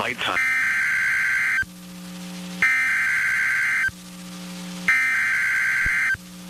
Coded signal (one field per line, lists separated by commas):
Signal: Emergency Alert System (SAME) tones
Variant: header bursts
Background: speech